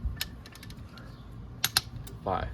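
A click-type torque wrench re-checks the fifth cylinder head bolt on a D16 head, giving a few light ticks before two sharp clicks at 1.6 s and 1.8 s. Someone then talks as the bolt passes the torque check.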